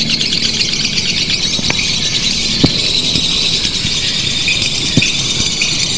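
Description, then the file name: Lovebird song as rapid, shrill chirps and squeaky trills packed closely together, with a few sharp clicks. Simulated lovebird singing competition audio, made to sound like a bird-song contest. "audio simulasi lomba lovebird. omkicau"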